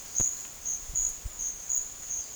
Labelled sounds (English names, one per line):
none